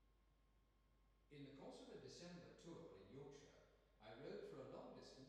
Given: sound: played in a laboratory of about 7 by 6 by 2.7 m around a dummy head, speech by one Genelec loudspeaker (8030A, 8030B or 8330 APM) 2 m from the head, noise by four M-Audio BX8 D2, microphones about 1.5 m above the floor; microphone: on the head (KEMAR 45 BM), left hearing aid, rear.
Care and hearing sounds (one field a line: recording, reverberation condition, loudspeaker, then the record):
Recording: male speech in English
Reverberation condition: high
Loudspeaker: 30 degrees to the right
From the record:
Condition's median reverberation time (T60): about 1300 ms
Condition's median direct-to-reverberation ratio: about -4.0 dB